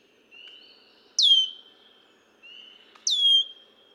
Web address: birdsongforthecurious songs Red-winged Blackbird